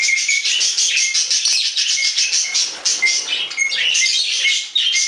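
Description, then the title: Budgerigar warbling, a nonstop rapid stream of high scratchy chirps and twitters with short whistled notes recurring throughout. "Budgie Sounds"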